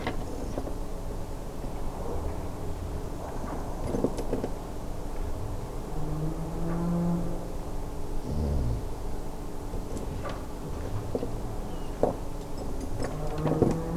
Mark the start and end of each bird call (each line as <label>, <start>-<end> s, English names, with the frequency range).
European Golden Plover (2.7-3.3 kHz), 11.70-11.91 s